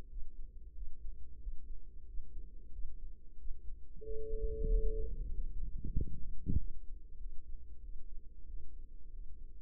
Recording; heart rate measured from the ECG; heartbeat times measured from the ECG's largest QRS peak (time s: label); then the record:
heart sounds by microphone in the right ear; 93 bpm
0.05 s: heartbeat
0.71 s: heartbeat
1.37 s: heartbeat
2.02 s: heartbeat
2.69 s: heartbeat
3.34 s: heartbeat
4.00 s: heartbeat
4.65 s: heartbeat
5.30 s: heartbeat
5.92 s: heartbeat
6.55 s: heartbeat
7.16 s: heartbeat
7.79 s: heartbeat
8.44 s: heartbeat
9.09 s: heartbeat
From the record:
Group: healthy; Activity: rest 0-5 s, breath hold 5-10 s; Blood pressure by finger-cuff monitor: 117/68 mmHg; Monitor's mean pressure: 86 mmHg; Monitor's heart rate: 91 bpm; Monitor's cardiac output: 7.6 L/min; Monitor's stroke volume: 82 mL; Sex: female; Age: 32 years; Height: 172 cm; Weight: 71.7 kg